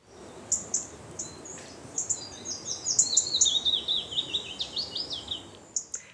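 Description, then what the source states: Willow warbler song: a thin, high, sweet phrase that descends softly through a run of notes, with short sharp chips before it and light background noise. Ranked second in a study of the most pleasant bird songs; a small, high-singing bird whose song has a short staccato part and a melody above it.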